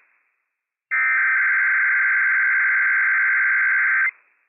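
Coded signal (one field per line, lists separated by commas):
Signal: Emergency Alert System (SAME) tones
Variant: header bursts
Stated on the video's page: Required weekly tests relayed on WWF56 weather radio, from county sheriff, civil authorities and Idaho state communications center.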